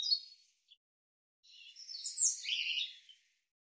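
European robin, quieter song: a short high note and a tiny chip, a gap, then a longer scratchy warbled phrase that swells and fades.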